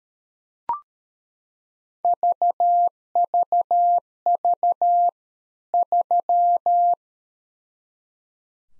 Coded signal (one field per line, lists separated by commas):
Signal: Morse code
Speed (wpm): 13 wpm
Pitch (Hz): 700 Hz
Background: none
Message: VVV 3